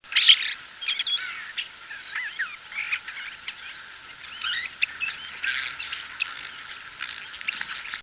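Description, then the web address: Starling singing a varied run of chirps, clicks, rattles and sharp whistles, with bursts of squawky notes and brief pauses between phrases. "naturesongs starling"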